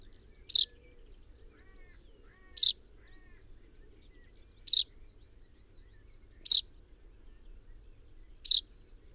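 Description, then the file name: Common chaffinch giving loud, clean chip notes at regular two-second intervals against a quiet background. "Fringilla coelebs"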